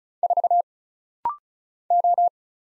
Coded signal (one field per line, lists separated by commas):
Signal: Morse code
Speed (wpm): 36 wpm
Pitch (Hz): 700 Hz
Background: none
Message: 4 O